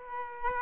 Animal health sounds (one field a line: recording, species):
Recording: mosquito wingbeat signal from an infrared sensor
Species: Aedes aegypti